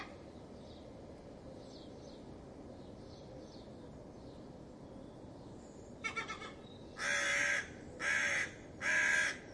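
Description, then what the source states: Crow giving harsh alarm caws: a few rough notes around six seconds, then three loud drawn-out caws about a second apart, over quiet background hiss. Alarm calls given because of a fox.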